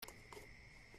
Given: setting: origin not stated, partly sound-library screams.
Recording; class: one-second piece from a danger detection set; normal situation